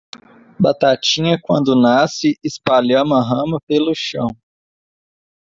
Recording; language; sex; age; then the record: short text; Brazilian Portuguese; male; 20 to 29 years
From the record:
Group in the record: control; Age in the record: 28 years